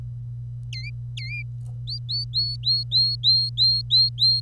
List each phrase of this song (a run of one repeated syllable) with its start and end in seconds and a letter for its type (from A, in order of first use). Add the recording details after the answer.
0.73-0.90 A, 1.17-1.42 A, 1.88-4.41 B. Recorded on 25 April 2018 at 09:48. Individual llb3